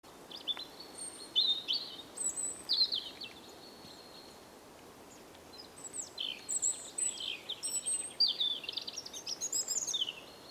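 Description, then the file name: European robin singing two long, varied phrases of high sparkling notes, trills and slurred whistles, separated by a pause, over steady faint hiss. "Dmitry Kulakov - Zaryanka Erithacus rubecula"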